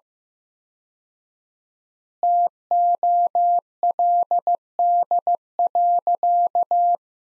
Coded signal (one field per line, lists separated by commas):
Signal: Morse code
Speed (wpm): 15 wpm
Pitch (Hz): 700 Hz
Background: none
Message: TOLD.